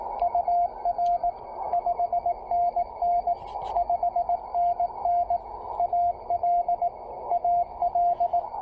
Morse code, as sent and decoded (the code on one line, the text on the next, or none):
..- .-. / ..... -. -. / ..... -. -. / .- .-.. / .- .-..
UR 5NN 5NN AL AL